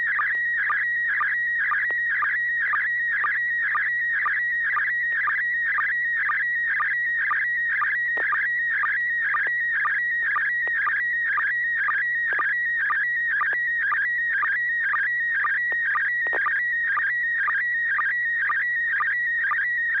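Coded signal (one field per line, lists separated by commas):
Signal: SSTV (slow-scan television)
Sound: continuous warbling tone with rapid regular chirps, a few per second, steady throughout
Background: low hum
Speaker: this net serves for training and practice and image transmission modes and meets Wednesday nights at 900 p.m. on the n6 na repeater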